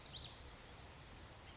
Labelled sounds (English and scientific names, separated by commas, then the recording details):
Blue-gray Gnatcatcher (Polioptila caerulea)
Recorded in Sonoma County, California